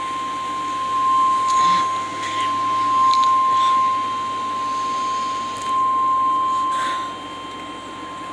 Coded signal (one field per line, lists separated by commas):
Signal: Emergency Alert System (SAME) tones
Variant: 1050 Hz attention tone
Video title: Severe Thunderstorm Warning on WTVE (EAS #52)